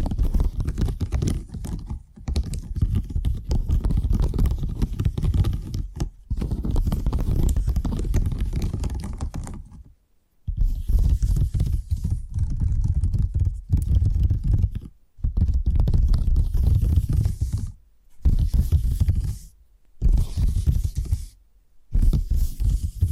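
Dense, rapid tapping runs in bursts across the whole stretch, heavy in the low end with a rumbling, scratchy texture. Short silent gaps break it up near 2, 6, 10, 15, 18, 20 and 21 seconds, and the later bursts carry a brighter crackle.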